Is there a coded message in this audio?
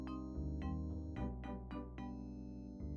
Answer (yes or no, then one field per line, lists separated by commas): no